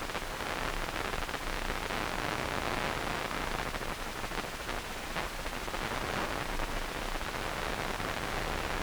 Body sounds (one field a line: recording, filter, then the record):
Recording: brain microelectrode recording played as sound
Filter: wide band, above 20 Hz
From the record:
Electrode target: subthalamic nucleus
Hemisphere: right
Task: reaching with the left hand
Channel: 2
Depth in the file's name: 1.506 mm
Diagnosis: Parkinson's disease